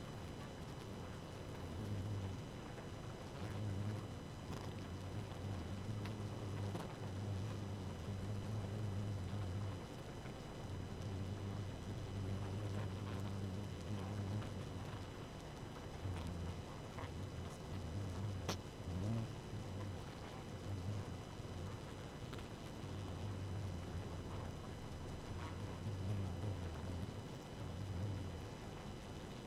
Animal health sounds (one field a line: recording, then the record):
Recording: honeybee colony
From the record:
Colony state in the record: active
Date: 12 June 2018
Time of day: 1:02